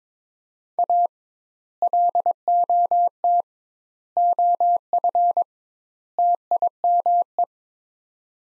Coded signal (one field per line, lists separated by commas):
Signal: Morse code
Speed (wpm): 22 wpm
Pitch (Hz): 700 Hz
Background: none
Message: A LOT OF TIME